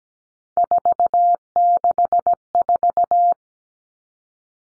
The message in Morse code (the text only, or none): 464